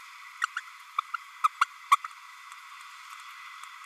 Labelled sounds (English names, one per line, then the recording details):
Green-rumped Parrotlet babbling
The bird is a male
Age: 30 days
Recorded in a nest box in Venezuela
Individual 17B32A6